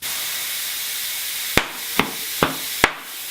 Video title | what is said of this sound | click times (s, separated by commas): Vittoria Air Liner set up | Make sure you hear all of your beads snapping into place, and then I'm going to let all the air out so I can add my tire sealant. | 1.6 s, 2.0 s, 2.4 s, 2.8 s